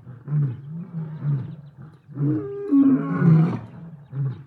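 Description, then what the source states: Lion gives short low grunts that build into a louder, harsher roar, then trail off into another grunt. Lions in the savannah.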